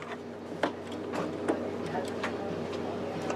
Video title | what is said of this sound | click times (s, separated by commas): CISS For HP Officejet Pro 6830, 6835, 6230, 6220 | okay now they're all clicked in | 0.6 s, 1.5 s, 2.2 s, 3.3 s